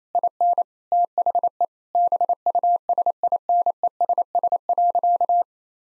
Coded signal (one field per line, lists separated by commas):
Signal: Morse code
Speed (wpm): 28 wpm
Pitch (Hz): 700 Hz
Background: none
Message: IN THE BUSINESS.